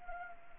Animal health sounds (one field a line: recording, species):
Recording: mosquito wingbeat signal from an infrared sensor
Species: Anopheles arabiensis